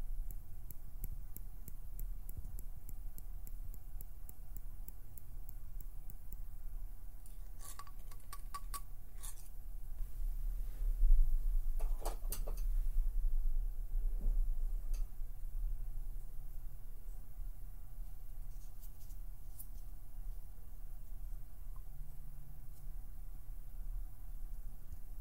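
Plucking, pinching and finger fluttering make soft clicks and light taps, clustering in bursts around the middle over a low steady hum.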